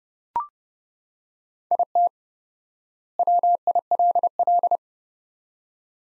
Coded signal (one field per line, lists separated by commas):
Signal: Morse code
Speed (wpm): 31 wpm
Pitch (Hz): 700 Hz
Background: none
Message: IT WILL